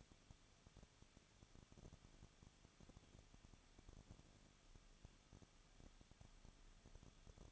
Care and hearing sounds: daily activity, microphone in the room; no activity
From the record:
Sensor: 4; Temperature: 23.0 degrees Celsius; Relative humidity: 34.2%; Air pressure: 1007.3 hPa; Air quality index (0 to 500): 214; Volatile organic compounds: 14 ppm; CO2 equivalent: 2469 ppm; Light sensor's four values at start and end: 2/3/1/1 and 2/3/1/1

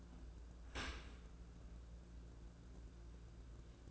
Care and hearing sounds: daily activity, microphone in the room; open dishwasher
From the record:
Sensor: 2

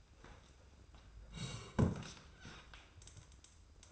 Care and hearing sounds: daily activity, microphone in the room; sit down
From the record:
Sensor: 2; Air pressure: 990.3 hPa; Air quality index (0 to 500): 179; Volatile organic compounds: 1000 ppm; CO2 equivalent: 5663 ppm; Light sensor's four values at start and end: 31/71/30/30 and 29/67/28/28

